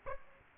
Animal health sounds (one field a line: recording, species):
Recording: mosquito wingbeat signal from an infrared sensor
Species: Aedes aegypti